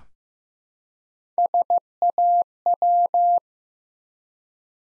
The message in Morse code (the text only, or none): SAW